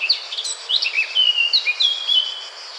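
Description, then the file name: Eurasian blackcap song fragment of clear, fluty whistled notes, some sliding downward, delivered in a quick, lively sequence. "Sylvia atricapilla"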